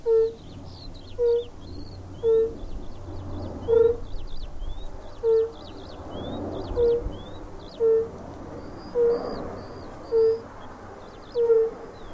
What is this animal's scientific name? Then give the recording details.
Bombina bombina. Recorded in the wild. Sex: male. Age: adult. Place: Falkenberger Rieselfelder, Barnim, Berlin, DE. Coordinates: 52.5839, 13.5542. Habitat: lake. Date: 1991-06-25 18:48. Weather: Luft: 18,9°C, Wasser: 22,2°C. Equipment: Uher 4000 Report Monitor, Sennheiser ME 80, K 30 AV, Original. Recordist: Frommolt, Karl-Heinz